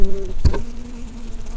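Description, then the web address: Red-tailed bumblebee buzz: a low droning hum with a brief sharp knock partway through, then the hum continues evenly to the end. Queens. "Lapidarius queens"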